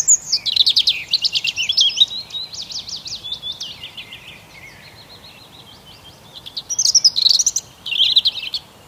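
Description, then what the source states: Bird song of quick high twittering and trills, then a quieter gap and further bursts of twittering. Birds singing on an early spring morning.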